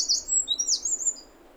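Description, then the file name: Eurasian wren giving very high, thin chirps and a short sweeping whistle, a few quick notes packed into under two seconds, then quiet background hiss. "Troglodytes troglodytes"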